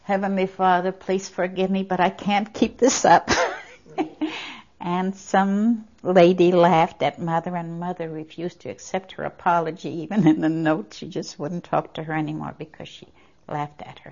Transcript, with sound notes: Heavenly Father, please forgive me but I can't keep this up." (She laughs.) And some lady laughed at mother and mother refused to accept her apology, even in the note, she just wouldn't talk to her anymore because she laughed at her.